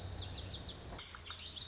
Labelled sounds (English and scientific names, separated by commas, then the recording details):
Lazuli Bunting (Passerina amoena)
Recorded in Sonoma County, California